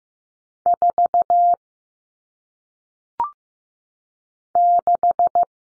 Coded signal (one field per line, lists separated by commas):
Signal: Morse code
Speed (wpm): 15 wpm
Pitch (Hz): 700 Hz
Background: none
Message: 4 6